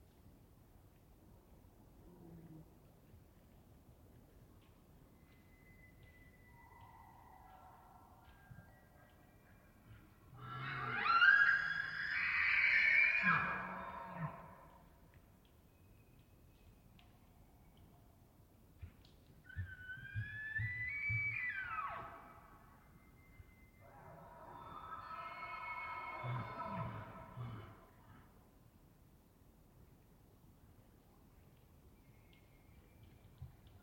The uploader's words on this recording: It was rutting season in the Colockum Wildlife area. These are raw tracks, down-mixed to stereo (from double-m/s). Elk, mostly bulls bugling, screaming, roaring, whistling, and chirping.